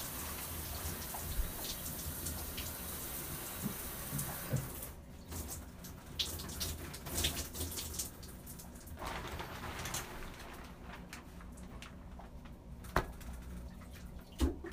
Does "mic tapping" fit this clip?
no